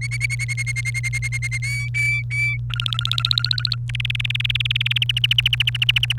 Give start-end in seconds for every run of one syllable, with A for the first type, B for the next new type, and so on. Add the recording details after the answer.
0.01-1.58 A, 1.62-2.58 B, 2.70-3.75 C, 3.89-5.04 D, 5.09-6.13 E. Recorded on 29 April 2018 at 11:33. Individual llb3